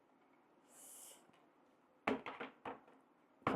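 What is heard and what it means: An old plastic dock piece from a 1995 Hot Wheels Baywatch Lifeguard Rescue Station Sto & Go playset is forced onto the playset. A soft hiss comes first, then a run of sharp plastic knocks and scrapes from about 2.1 s during the struggling attempts. One side snaps in with a click at 3.5 s, leaving the piece seated on that side only.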